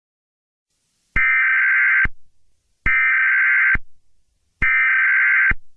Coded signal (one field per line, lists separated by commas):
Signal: Emergency Alert System (SAME) tones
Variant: header bursts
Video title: Eas Scenario 021 - The DARKEST Day of The History of the World